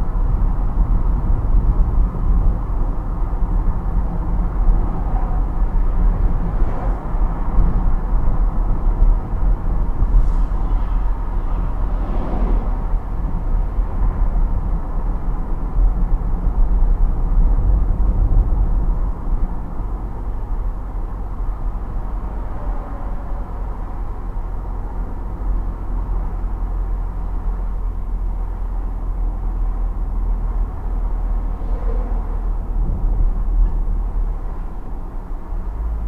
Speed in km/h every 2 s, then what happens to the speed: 66, 64, 62, 61, 61, 59, 57, 55, 53, 51, 50, 48, 46, 46, 44, 42, 40, 40.
0-36 slows to 40.